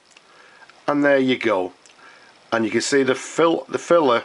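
A small turn of the locked-down plunger knob on a vintage Parker Vacumatic Junior fountain pen unlocks the lockdown filler, which springs out of the barrel end with a light click at 0.2 s. A couple of faint ticks follow, then someone talks. The filler is released.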